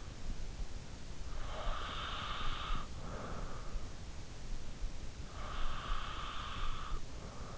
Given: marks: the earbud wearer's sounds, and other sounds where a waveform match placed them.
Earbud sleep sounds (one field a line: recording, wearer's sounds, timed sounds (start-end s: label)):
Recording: sounds in sleep by an in-ear microphone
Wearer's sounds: breath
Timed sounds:
1.24-3.24 s: breath
4.84-7.53 s: breath